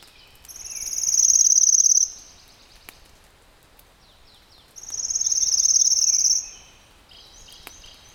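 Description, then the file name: Pale-legged leaf warbler song: a very high, dry, insect-like trill lasting about a second and a half, given twice about four seconds apart, with faint high notes between. "warbler-pale-legged-leaf a-Phylloscopus-tenellipes"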